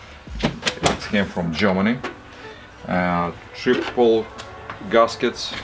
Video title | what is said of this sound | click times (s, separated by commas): Passive & Net Zero Home Building in Maine | and hardware you can hear click click click just like a wall it | 0.7 s, 0.9 s